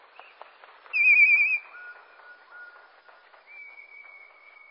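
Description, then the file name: Common blackbird song, slowed whistles: a loud wavering high note, then long steady tones held at lower and higher pitches over faint clicking. Song slowed down. "Merle Et Merle Au Ralenti Merle noir ralenti 20250912083845 20250912083941"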